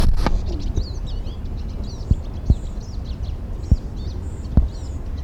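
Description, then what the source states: Pied siskin song: a steady stream of high, thin twittering and buzzy notes, with scattered low thumps and a constant low rumble beneath. Sung in flight and from a perch in a small tree beside a road at the ABS.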